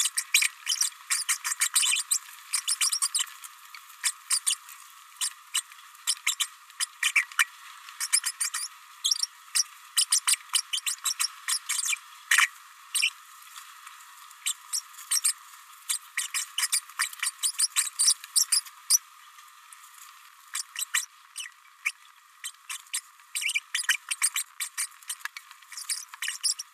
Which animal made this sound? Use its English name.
Green-rumped Parrotlet